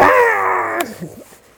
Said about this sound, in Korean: 곰이 울부짖었어요.